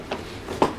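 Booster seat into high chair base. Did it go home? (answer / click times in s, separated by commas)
yes / 0.1 s, 0.6 s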